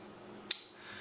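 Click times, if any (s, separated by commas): 0.5 s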